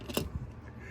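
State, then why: Not seated. The plastic rear half of a toy car is clipped into the other rear half while a Studio Series Deluxe Class Dark of the Moon Que (Wheeljack) robot toy is transformed into car mode. Brief plastic handling taps are heard near 0.1 and 0.2 seconds, with a faint tick around 0.7 seconds. Nothing clicks, but the halves still hold together.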